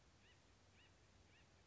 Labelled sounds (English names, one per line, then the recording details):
Acorn Woodpecker
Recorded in Sonoma County, California